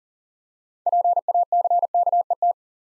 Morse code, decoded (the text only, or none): PACKET